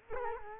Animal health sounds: mosquito wingbeat signal from an infrared sensor; Culex quinquefasciatus

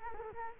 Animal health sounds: mosquito wingbeat signal from an infrared sensor; Culex quinquefasciatus

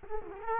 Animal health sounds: mosquito wingbeat signal from an infrared sensor; Culex quinquefasciatus

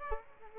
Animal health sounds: mosquito wingbeat signal from an infrared sensor; Aedes aegypti

